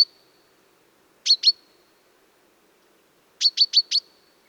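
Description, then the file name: Common chaffinch calls: a pair of sharp high notes, then after a pause a quick run of four similar notes, background otherwise quiet. "Fringilla coelebs"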